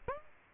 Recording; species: mosquito wingbeat signal from an infrared sensor; Aedes aegypti